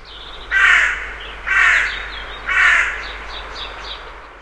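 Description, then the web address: Hooded crow giving three harsh, rasping caws, one about every second, each short and raw-toned, with a quiet background hiss. "серая-ворона"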